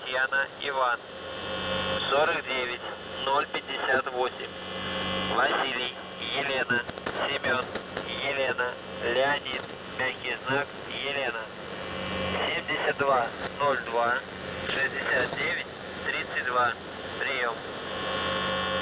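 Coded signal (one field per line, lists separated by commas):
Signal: coded military voice message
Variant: UVB-76, Russian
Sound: a man's voice reading in Russian over a radio channel, with steady hum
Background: radio static, hum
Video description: "The Buzzer" is a Russian military radiostation that broadcasts on 4625 kHz.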